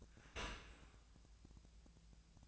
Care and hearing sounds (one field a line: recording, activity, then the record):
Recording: daily activity, microphone in the room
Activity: open dishwasher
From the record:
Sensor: 2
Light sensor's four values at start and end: 11/31/12/14 and 11/31/12/14